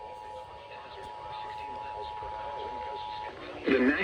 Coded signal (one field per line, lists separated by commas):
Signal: Emergency Alert System (SAME) tones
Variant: 853 and 960 Hz attention tone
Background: speech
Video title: EAS Alerts From July 9, 2025!